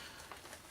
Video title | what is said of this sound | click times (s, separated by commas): Bissell Crosswave Multi Surface Cleaner Review & Demonstration | and then the bottle, once you've filled it with your cleaning solution and water, would simply click onto place like so, | 0.3 s